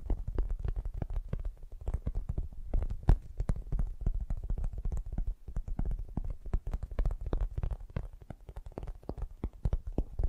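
Fast, gentle tapping runs through the whole ten seconds in dense, quick, slightly uneven bursts. The taps are soft and mostly low and muffled, with a few sharper, brighter clicks, one standing out around three seconds. A faint low rumble sits underneath.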